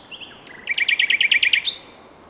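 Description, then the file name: Common nightingale song phrase: a few thin high notes, then a fast run of about ten loud, evenly spaced chirps, ending on a sharp upward flick. "Luscinia megarhynchos"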